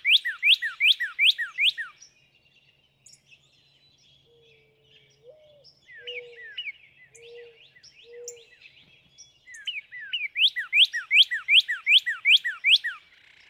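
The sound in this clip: Northern cardinal song: a run of bright, down-slurred notes repeated evenly, then after a pause with low whistles and chatter, another longer run.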